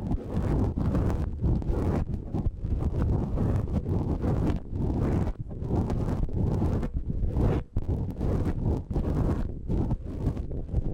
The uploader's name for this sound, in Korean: 마이크를 팁브러시로 슥슥